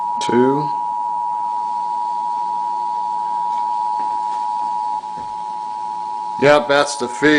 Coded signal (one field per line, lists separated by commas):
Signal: Emergency Alert System (SAME) tones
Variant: 853 and 960 Hz attention tone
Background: speech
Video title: Official EAS Test from 11-9-11